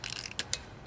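The locking ring of a Trail-Gear Longfield studless off-road hub is pushed into the wheel hub, with a run of light ratcheting ticks at first. Two sharp snaps follow at 0.4 s and 0.5 s as the ring seats into its locked position.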